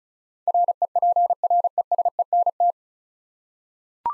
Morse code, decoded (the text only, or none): REPRESENT